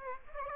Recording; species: mosquito wingbeat signal from an infrared sensor; Aedes aegypti